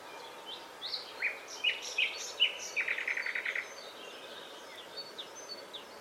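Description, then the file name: Common nightingale song: several separate sharp rising notes, then a rapid rattling trill of repeated notes, with other faint birds in the background. "Luscinia megarhynchos"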